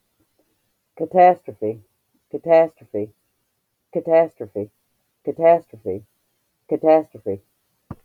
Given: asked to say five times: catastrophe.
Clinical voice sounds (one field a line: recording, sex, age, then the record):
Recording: repeated word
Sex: female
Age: 40 to 49 years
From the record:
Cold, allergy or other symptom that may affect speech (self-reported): no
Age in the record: 43 years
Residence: United States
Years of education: 12